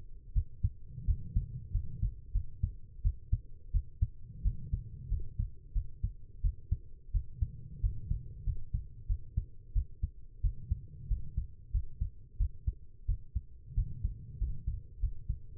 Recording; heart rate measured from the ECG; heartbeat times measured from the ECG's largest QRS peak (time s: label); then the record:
heart sounds by stethoscope; 90 bpm
0.34 s: heartbeat
1.06 s: heartbeat
1.72 s: heartbeat
2.33 s: heartbeat
3.03 s: heartbeat
3.72 s: heartbeat
4.43 s: heartbeat
5.10 s: heartbeat
5.74 s: heartbeat
6.42 s: heartbeat
7.12 s: heartbeat
7.81 s: heartbeat
8.45 s: heartbeat
9.08 s: heartbeat
9.74 s: heartbeat
10.42 s: heartbeat
11.09 s: heartbeat
11.72 s: heartbeat
12.38 s: heartbeat
13.07 s: heartbeat
13.75 s: heartbeat
14.39 s: heartbeat
15.01 s: heartbeat
From the record:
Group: healthy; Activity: rest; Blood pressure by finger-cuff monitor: 139/84 mmHg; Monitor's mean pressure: 102 mmHg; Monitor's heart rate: 88 bpm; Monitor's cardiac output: 8.1 L/min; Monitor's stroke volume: 91 mL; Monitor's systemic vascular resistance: 940 dyn s/cm5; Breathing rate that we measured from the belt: 19 breaths a minute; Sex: female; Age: 19 years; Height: 163 cm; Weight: 51 kg